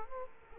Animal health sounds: mosquito wingbeat signal from an infrared sensor; Culex quinquefasciatus

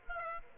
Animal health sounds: mosquito wingbeat signal from an infrared sensor; Aedes aegypti

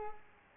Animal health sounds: mosquito wingbeat signal from an infrared sensor; Culex quinquefasciatus

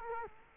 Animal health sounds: mosquito wingbeat signal from an infrared sensor; Culex quinquefasciatus

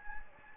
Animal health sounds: mosquito wingbeat signal from an infrared sensor; Anopheles gambiae

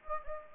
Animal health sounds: mosquito wingbeat signal from an infrared sensor; Anopheles gambiae

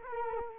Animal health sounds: mosquito wingbeat signal from an infrared sensor; Culex quinquefasciatus

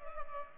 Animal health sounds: mosquito wingbeat signal from an infrared sensor; Culex pipiens

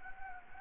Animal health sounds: mosquito wingbeat signal from an infrared sensor; Anopheles gambiae

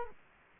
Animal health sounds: mosquito wingbeat signal from an infrared sensor; Culex quinquefasciatus

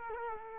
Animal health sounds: mosquito wingbeat signal from an infrared sensor; Culex quinquefasciatus

